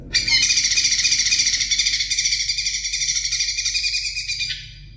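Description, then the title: Leafbird song, a sustained, loud, rapidly pulsing high warble lasting about four and a half seconds before stopping. "CUCAK IJO"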